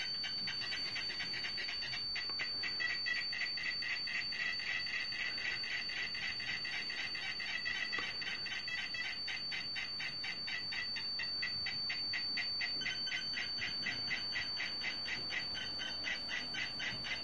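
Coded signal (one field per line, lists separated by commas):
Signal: computer data on cassette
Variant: SAM Coupé turbo loading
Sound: continuous harsh buzzing data screech, pulsing rapidly about seven times a second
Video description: Sam Coupé core from McLeod Ideafix supports tape loading, so here it's the turbo loading.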